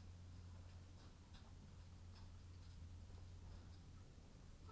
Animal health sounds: poultry house recording; sick chickens (respiratory disease)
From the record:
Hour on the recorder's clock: 21

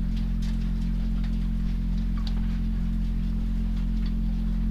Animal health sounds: poultry house recording; sick chickens (respiratory disease)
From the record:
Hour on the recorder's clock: 22

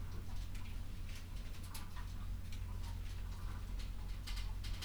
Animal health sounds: poultry house recording; sick chickens (respiratory disease)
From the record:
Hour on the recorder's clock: 21

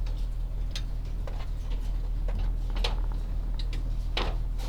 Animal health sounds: poultry house recording; sick chickens (respiratory disease)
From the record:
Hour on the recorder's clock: 14

